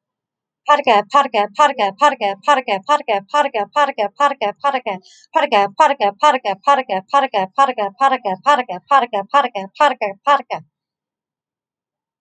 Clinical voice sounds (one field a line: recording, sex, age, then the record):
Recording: repeated syllables /pa ta ka/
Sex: female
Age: 40 to 49 years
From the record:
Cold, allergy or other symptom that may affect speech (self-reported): no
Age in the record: 44 years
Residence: Oklahoma, United States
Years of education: 16